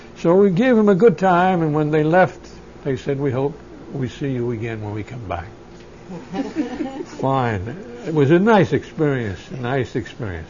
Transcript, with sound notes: So we gave them a good time, and when they left they said, "We hope we see you again when we come back." ( they laugh ) Fine. It was a nice experience, a nice experience.